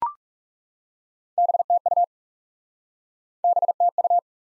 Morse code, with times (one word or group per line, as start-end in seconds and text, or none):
1.4-2.0 BTU
3.4-4.2 BTU